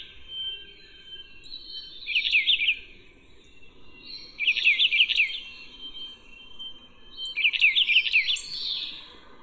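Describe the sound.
Brown bullfinch calls: three short bursts of quick, wavering chirped notes, evenly spaced, over soft background noise.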